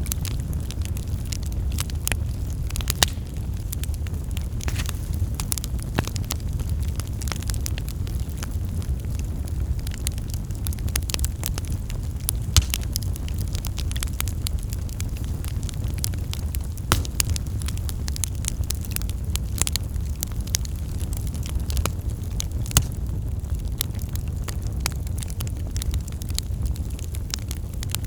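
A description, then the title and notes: A campfire crackles steadily over a deep low roar, with sharp pops scattered irregularly throughout, a few louder snaps standing out. Calming Crackling Campfire White Noise.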